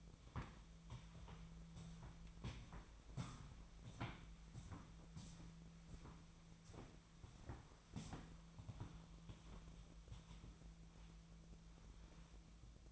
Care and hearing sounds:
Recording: daily activity, microphone in the room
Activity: walk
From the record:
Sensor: 1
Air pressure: 1008.4 hPa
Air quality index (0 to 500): 190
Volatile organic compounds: 17 ppm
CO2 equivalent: 2584 ppm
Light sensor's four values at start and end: 19/48/20/23 and 18/48/19/22

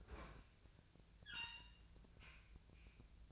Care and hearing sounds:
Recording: daily activity, microphone in the room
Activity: open fridge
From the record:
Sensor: 2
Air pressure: 1009.6 hPa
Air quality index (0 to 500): 183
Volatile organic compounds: 11 ppm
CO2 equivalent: 2282 ppm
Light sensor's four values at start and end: 27/65/28/31 and 27/65/28/31

